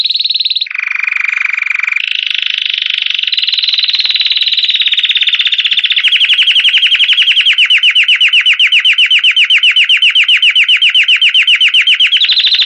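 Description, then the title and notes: Domestic canary singing continuously: a brief high phrase, a lower buzzy stretch, then warbled phrases that run into an even, rapid series of repeated notes. Belgian canary breed singing; campainha (bell) song style. "Canário Belga Campainha Canary Singing. Canario Belga Cantando"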